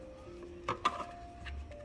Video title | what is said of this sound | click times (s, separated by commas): WORX 20V Multi-Function LED Flashlight - Your Emergency Kit Essentials | and then you slide it right in hear that click and that's it | 0.9 s